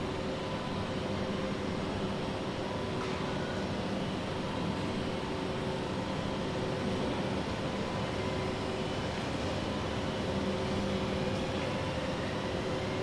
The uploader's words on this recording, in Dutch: Station Hollands Spoor Den Haag. Recorded around 9 o'clock in the morning while waiting for my train to Rotterdam.